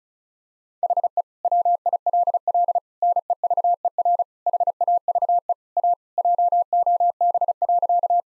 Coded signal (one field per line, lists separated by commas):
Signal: Morse code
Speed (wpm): 34 wpm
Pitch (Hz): 700 Hz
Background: none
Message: HE WILL NEVER HAVE A JOB.